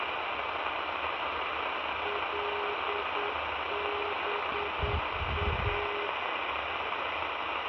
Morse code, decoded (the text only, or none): LBA